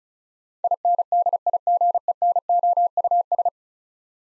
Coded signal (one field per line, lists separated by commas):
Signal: Morse code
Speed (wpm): 36 wpm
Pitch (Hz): 700 Hz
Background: none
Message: INDIGENOUS